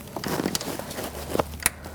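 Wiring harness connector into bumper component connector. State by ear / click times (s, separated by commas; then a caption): seated / 1.7 s. A fog light/sensor wiring connector on a 2016-2019 Chevrolet Cruze is slid onto its plastic mating connector behind the front bumper cover and pushed until it latches. Soft crinkling and handling noises with a few small taps lead up to one sharp, loud click at 1.7 s, after which the connector is locked in place and confirmed seated.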